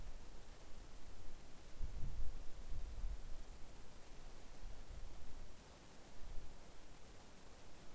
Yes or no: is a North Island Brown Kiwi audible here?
no